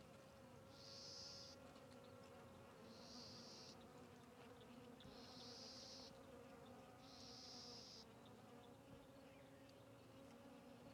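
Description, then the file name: Fly buzzing in a steady, low droning hum with layered tones, while four separate high hissing bursts sound about every two seconds above it. Several flies circling a tree on the Sertão Zen trail, recorded as natural trail ambience. "Ambiencia na Trilha do Sertao Zen com Moscas Circudando Arvore"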